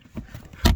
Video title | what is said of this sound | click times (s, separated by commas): How to Swap PCM and install Diablosport Tune Dodge Durango R/T RT Performance Upgrade | it'll kind of click in place then you | 0.7 s